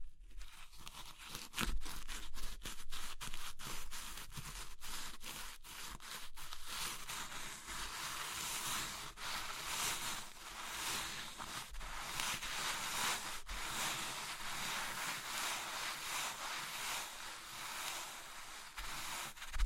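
Crumbly materials like soap, chalk and meringue are crushed, making a dense, bright crackling and crunching. The first seven seconds break into quick bursts with short pauses between them. After that the crushing runs on as a steady, gritty rustle that swells and eases slightly.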